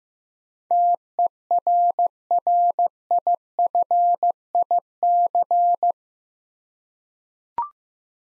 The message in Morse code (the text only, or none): TERRIFIC